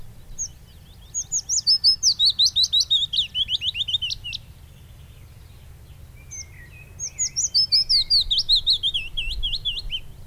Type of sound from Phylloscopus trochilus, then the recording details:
song. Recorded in the wild. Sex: male. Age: adult. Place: Röttenbach, Bayern, DE. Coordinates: 49.6683, 10.9244. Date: 1963-07-06. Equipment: Vollspur, Original. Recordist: Tretzel, Erwin. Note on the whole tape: Röttenbach C: Fitis: Gesang mit "Amselzetern". Teil a mit Störung durch Kleinflugzeug - Teil b störungsarm